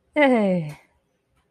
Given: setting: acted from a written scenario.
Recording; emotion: vocal sound without words; pride